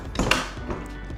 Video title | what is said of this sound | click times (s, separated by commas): Fanttik Zeta X4 Pro & S4 Pro Folding Tables - Review | Then you hear a click. | 0.3 s